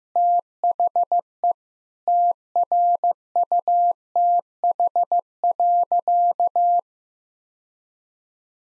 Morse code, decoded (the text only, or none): THE TRUTH.